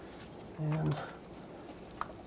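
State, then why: Seated. Someone talks briefly while plugging the plastic upstream oxygen sensor connector of a 2008-2020 Dodge Grand Caravan into the vehicle wiring harness, after re-securing the wire on its retainer. A single sharp click at 2.0 s shows the connector has seated.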